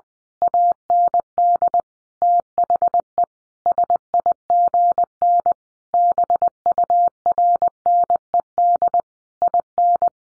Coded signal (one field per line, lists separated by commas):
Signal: Morse code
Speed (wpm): 20 wpm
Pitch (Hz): 700 Hz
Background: none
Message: AND THE SIGN BURNED IN